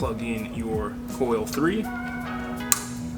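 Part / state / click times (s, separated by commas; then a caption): wiring harness plug into ignition coil / seated / 2.7 s. A wiring harness plug with a tight weather seal is pushed onto ignition coil 3 during an LS MaxSpark ignition system install while someone talks over background music. A single sharp click at 2.7 s shows the connector has seated on the coil.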